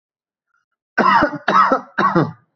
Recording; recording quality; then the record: heavy voluntary cough; excellent, no background noise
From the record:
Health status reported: healthy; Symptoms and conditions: none ticked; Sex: male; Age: 25 years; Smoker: not ticked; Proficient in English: yes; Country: India